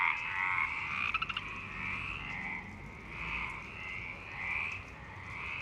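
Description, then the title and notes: Frogs croaking in a continuous overlapping chorus of rasping calls, with a quick burst of clicking pulses just after the first second. Frogs in Parc Longchamp, Marseille, Provence-Alpes-Côte d'Azur, France, 26 March 2011 at 19:35; recorded with a MixPre-6 and Basic UCHO. "Marseille, Provence-Alpes-Côte d'Azur, France - 26_03_11_19_35 Longchamps grenouilles. Grenouilles au parc de Longchamp MIXPRE 6 + BASIC UCHO"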